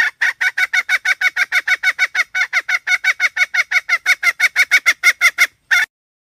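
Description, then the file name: Red junglefowl hen cackling steadily, a rapid even run of short harsh clucks for over five seconds, then one more note after a short gap. "tieng ga mai rung"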